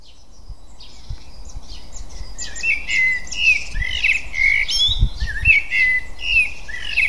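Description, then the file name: Eurasian blackbird song: busy, twittering high phrases mixed with short fluty notes, louder from the third second on, with faint low thumps. "Turdus merula"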